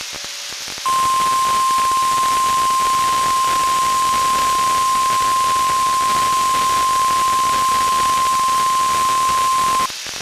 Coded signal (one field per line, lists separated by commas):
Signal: Emergency Alert System (SAME) tones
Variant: 1050 Hz attention tone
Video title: NWR RWTs (12/21/22)(EAS 1331-1336)